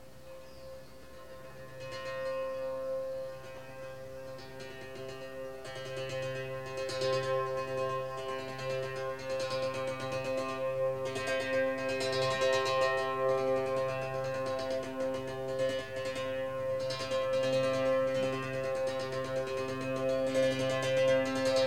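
An instrument is played during a typhoon, long held tones swelling louder after two seconds, with rushing, hissing gusts flaring throughout.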